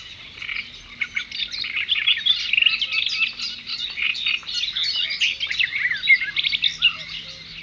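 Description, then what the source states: Birds sing in a steady, crowded chorus of high chirps and trills that blend together. At a brook.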